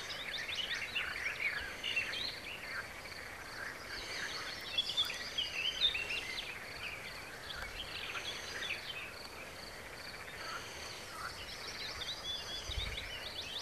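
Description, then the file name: Common nightingale singing in changing phrases of quick trills, chirps and clear whistled notes, with a few brief pauses, against constant rushing background noise. "Luscinia megarhynchos"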